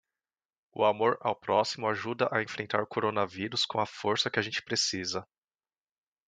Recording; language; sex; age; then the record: spoken sentence; Brazilian Portuguese; male; 30 to 39 years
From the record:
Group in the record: control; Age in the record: 34 years